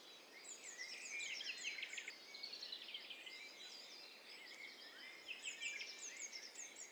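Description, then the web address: Birds: a chorus of many birds singing at once, bright twittering phrases and rapid trills overlapping throughout. Many birds singing at the same time, recorded in stereo. "Hi Fi STEREO BIRD COCKTAIL PARTY Challenge"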